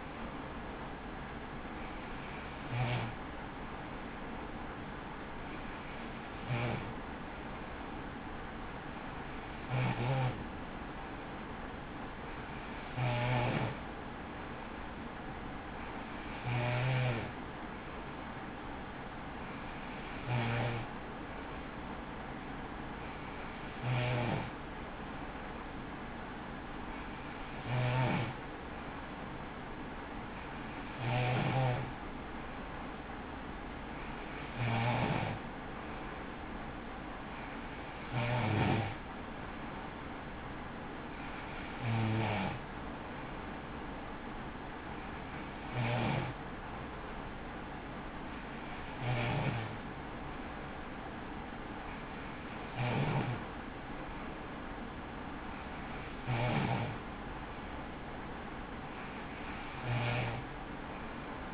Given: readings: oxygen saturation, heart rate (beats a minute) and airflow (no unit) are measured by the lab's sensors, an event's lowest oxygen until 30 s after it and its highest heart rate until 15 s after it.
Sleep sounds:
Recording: breathing in sleep by a voice recorder at the bedside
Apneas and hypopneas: none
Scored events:
none scored
From the record:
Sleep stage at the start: N3 (deep sleep)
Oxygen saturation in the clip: 94%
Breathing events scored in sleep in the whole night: 83 in 6.1 hours asleep

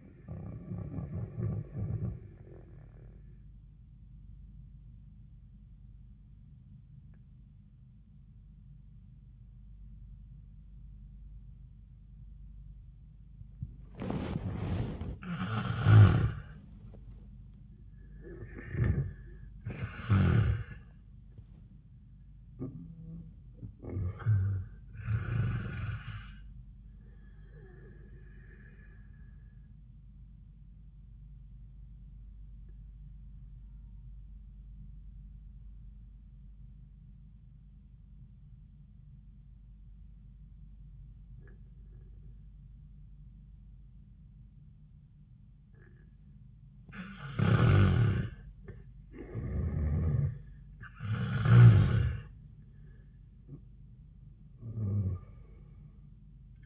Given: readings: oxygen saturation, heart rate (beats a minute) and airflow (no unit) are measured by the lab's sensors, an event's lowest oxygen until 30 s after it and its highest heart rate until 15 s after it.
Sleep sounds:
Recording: breathing in sleep by a smartphone at the bedside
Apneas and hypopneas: 2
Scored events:
4.00-16.50 s: obstructive apnea (N1, oxygen 75% highest, then 75% lowest, heart rate 71 at the start, 93 highest)
34.00-49.20 s: obstructive apnea (N1, oxygen 97% highest, then 83% lowest, heart rate 90 at the start, 90 highest)
From the record:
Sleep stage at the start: N1 (lightest sleep)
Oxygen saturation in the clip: 64 to 97%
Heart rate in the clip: 71 to 93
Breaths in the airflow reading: 6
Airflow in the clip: -13.9 to 6.6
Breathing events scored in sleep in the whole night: 400 in 8.7 hours asleep

